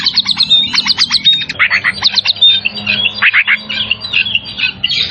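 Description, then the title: Oriental magpie-robin singing fast: rapid repeated buzzy notes and chattering trills packed closely together, with a few thin pure whistles. Singing vigorously, in the style called gacor; from Tretes. "Kacer Tretes Gacor"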